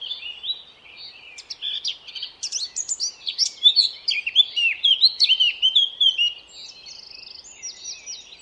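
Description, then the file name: Eurasian blackcap song, a continuous chattering warble of quick high notes rising in intensity, with softer buzzy notes at the close. "Sylvia atricapilla"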